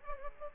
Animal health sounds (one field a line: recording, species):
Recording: mosquito wingbeat signal from an infrared sensor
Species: Aedes aegypti